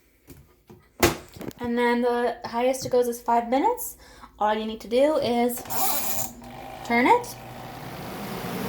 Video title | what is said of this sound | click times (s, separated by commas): Costway portable washer and dryer review. | Snap it back in. | 1.0 s